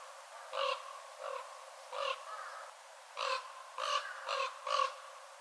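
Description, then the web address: Northern raven giving several raspy, throaty caws at uneven intervals. "watarigarasu"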